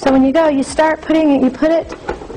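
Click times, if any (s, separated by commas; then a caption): none. A slicer/shredder attachment is being put sideways onto the side drive outlet of a Bosch MUM4600 kitchen stand mixer, to be twisted forward until it locks into place. Someone talks throughout while handling it. Nothing has seated or clicked yet.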